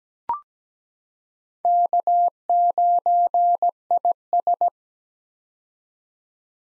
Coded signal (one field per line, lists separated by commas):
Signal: Morse code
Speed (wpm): 17 wpm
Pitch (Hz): 700 Hz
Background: none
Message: K9IS